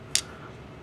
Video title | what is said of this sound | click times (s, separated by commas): HGUC 1/144 ReZEL Type-C [Defenser b-Unit] [GR] - Review Part 2 (Final) | this piece clips into the bottom of the cockpit area there | 0.2 s